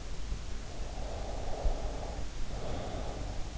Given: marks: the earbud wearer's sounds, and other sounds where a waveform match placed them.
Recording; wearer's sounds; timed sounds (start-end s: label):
sounds in sleep by an in-ear microphone; breath
1.00-3.46 s: breath